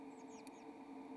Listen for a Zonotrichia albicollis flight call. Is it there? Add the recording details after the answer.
no. No flight call is heard. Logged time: 11:52 on 27 November 2014